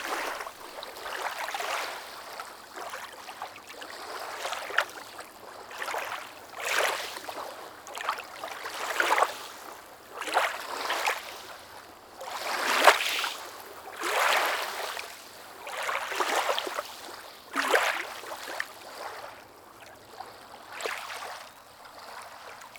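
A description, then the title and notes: Small waves wash against a pier in a steady rhythm, each one a brief bright splash and hiss arriving roughly every one to two seconds. Between them the water settles to a soft wash, with little low rumble and no other sounds. Small Waves on the Pier.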